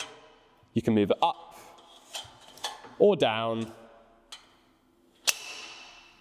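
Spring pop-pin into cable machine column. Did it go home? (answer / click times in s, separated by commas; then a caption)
yes / 5.3 s. Someone talks while a red spring pop-pin on a cable machine is pulled and the pulley carriage slides up or down the steel column, with small knocks around 2.6 s and 4.3 s. The pin snaps into a height hole with a sharp metallic click at 5.3 s that rings briefly, and the pulley is seated at its new height.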